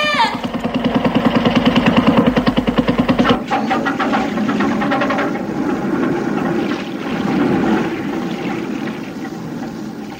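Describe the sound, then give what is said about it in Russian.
A motorboat speeds out from behind an island, its engine throbbing loudly with a steady, rapid chugging for a few seconds, then the pulsing gives way to a broad rushing wash of water and wind noise that lingers. “Вот она. Из-за острова мчится куда-то в сторону. Эй, стойте, стойте. Эй, на лодке.”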